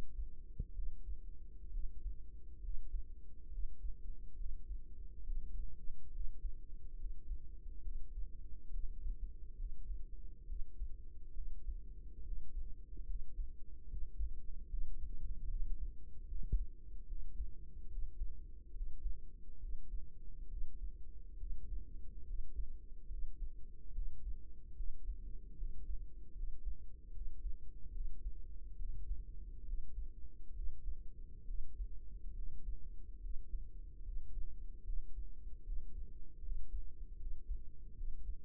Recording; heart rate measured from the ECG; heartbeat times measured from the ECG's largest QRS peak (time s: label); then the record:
heart sounds by microphone in the right ear; 71 bpm
0.72 s: heartbeat
1.69 s: heartbeat
2.59 s: heartbeat
3.48 s: heartbeat
4.34 s: heartbeat
5.23 s: heartbeat
6.10 s: heartbeat
6.96 s: heartbeat
7.81 s: heartbeat
8.69 s: heartbeat
9.55 s: heartbeat
10.45 s: heartbeat
11.32 s: heartbeat
12.22 s: heartbeat
13.05 s: heartbeat
13.87 s: heartbeat
14.67 s: heartbeat
15.46 s: heartbeat
16.25 s: heartbeat
17.05 s: heartbeat
17.87 s: heartbeat
18.72 s: heartbeat
19.58 s: heartbeat
20.47 s: heartbeat
21.36 s: heartbeat
22.24 s: heartbeat
23.08 s: heartbeat
23.91 s: heartbeat
24.73 s: heartbeat
25.54 s: heartbeat
26.33 s: heartbeat
27.11 s: heartbeat
27.90 s: heartbeat
28.75 s: heartbeat
29.63 s: heartbeat
30.52 s: heartbeat
31.44 s: heartbeat
32.33 s: heartbeat
33.19 s: heartbeat
34.02 s: heartbeat
34.83 s: heartbeat
35.62 s: heartbeat
36.40 s: heartbeat
37.16 s: heartbeat
37.93 s: heartbeat
From the record:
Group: healthy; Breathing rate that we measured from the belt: 17 breaths a minute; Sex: male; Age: 35 years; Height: 178 cm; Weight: 64 kg